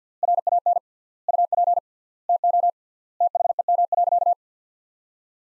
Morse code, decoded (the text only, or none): RAN UP TO THEM.